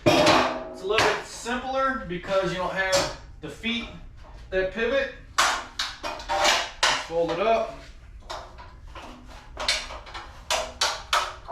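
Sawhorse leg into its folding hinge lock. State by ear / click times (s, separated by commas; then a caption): seated / 10.5 s, 10.8 s, 11.1 s. Someone talks while folding up the plastic and metal legs of a budget folding sawhorse, which has no pivoting feet, pushing them until the hinge lock engages. A quick series of sharp clacks follows at 10.5, 10.8 and 11.1 seconds as the sawhorse leg locks into place in its folding hinge lock.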